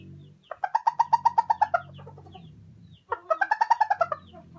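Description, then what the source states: Chicken hen giving two runs of fast, evenly pulsed cackling notes over a low steady hum. Araucana hen, calling while laying an egg.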